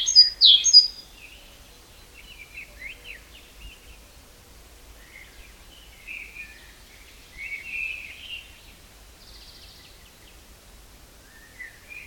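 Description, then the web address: Great tit calls: a loud burst of sharp, high chirps at the start, then a loose series of softer, lower chirping notes scattered through the rest of the recording. "SETE Parus major"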